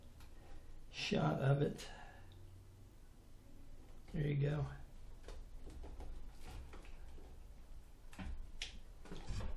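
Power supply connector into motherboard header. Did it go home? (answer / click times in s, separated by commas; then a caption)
yes / 8.6 s. Someone talks while a power supply connector is pushed into the motherboard header, with a few faint knocks and handling sounds along the way. At 8.6 s a short, sharp snap rings out as the connector seats home on the motherboard.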